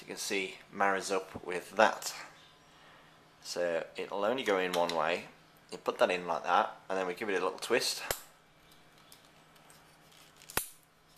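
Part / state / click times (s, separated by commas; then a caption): three-pin plug head into a phone charger body / seated / 10.6 s. Someone talks while lining up a three-pin plug head with the body of an HTC Wildfire phone charger; it fits only one way, so it is pushed in and given a little twist. A sharp click at 10.6 s marks the plug head locking into place, fully seated on the charger.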